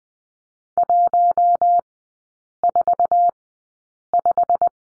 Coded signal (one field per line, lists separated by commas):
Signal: Morse code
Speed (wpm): 20 wpm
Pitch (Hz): 700 Hz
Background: none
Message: 145